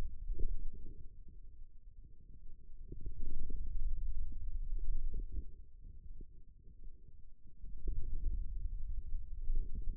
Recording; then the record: forearm muscle sounds (acoustic myography)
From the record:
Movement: pen grasping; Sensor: system 2, bracelet of six BSWA MPA416 microphones around the upper forearm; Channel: 4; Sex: male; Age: 22 years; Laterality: right